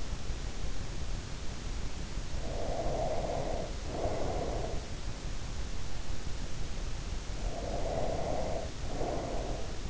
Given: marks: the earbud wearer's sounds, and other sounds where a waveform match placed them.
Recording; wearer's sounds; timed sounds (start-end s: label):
sounds in sleep by an in-ear microphone; breath
2.60-4.92 s: breath
7.36-9.90 s: breath